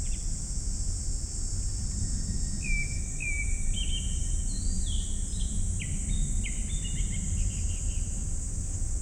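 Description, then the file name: Japanese thrush song: a series of clear whistled phrases over steady high-pitched insect noise and low rumble. Recorded 19 July 2015, 19:19. "150719-191913 kurotugumi"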